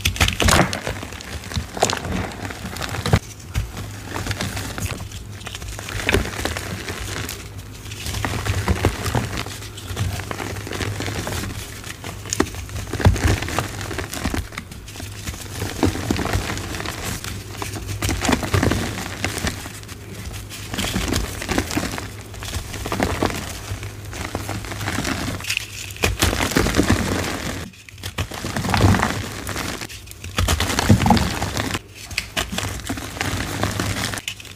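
Soft, powdery gym chalk is crumbled and pressed, giving a dense, continuous crackle of fine crunchy grains. The texture shifts with irregular squeezes and brief pauses, notably near 28 seconds, over a steady low hum underneath.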